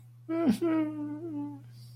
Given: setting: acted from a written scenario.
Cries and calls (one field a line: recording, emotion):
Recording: vocal sound without words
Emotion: sadness